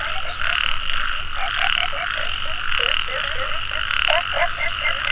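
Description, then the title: Frogs croaking in a dense chorus, quick twangy notes tumbling over one another against a continuous high-pitched background trill. Frogs calling in a mountain valley at dusk; field recording. "傍晚山谷里的蛙和鸟齐鸣 声谷"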